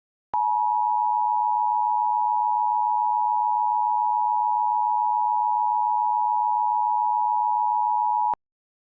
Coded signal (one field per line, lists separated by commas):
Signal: Emergency Alert System (SAME) tones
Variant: 853 and 960 Hz attention tone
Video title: EAS Mock II 01/16/14 II this reminds me of something from 4 years back...ifykyk